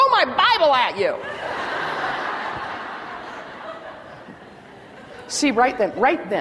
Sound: laughter

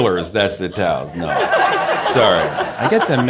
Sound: laughter

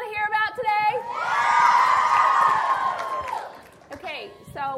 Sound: crowd cheers

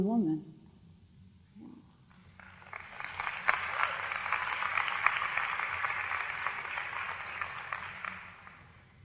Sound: applause

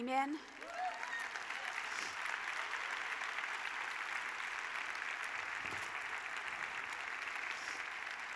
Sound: applause

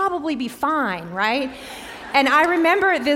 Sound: laughter

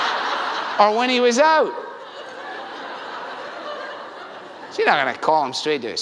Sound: laughter

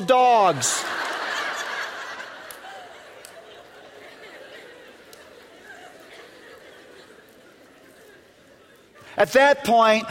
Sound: laughter

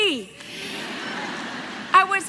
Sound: cheers

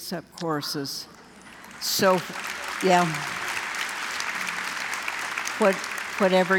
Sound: applause

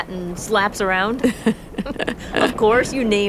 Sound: giggle

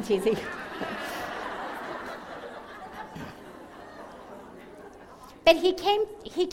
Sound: laughter

